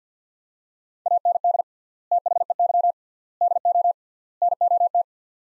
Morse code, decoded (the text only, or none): AND THEY DO NOT